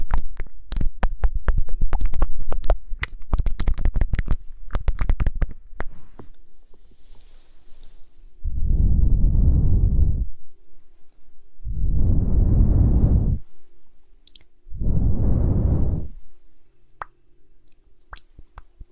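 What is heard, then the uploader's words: Ear blowing: three long, breathy gusts of air, each lasting about a second and a half, arrive at a slow, steady pace in the second half. Before them, a dense flurry of sharp clicks and taps fills the first six seconds, then thins to scattered ticks. ASMR Ear blowing.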